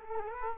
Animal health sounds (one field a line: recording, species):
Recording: mosquito wingbeat signal from an infrared sensor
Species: Culex quinquefasciatus